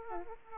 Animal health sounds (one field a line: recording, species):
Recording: mosquito wingbeat signal from an infrared sensor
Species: Aedes aegypti